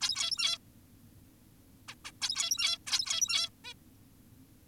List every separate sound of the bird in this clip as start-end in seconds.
0.01-0.58, 1.89-1.95, 2.05-2.11, 2.21-2.78, 2.87-3.49, 3.65-3.74